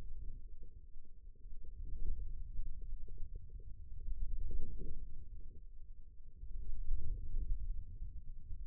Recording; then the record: forearm muscle sounds (acoustic myography)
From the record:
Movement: ulnar deviation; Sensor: system 2, bracelet of six BSWA MPA416 microphones around the upper forearm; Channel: 3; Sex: male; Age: 22 years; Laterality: right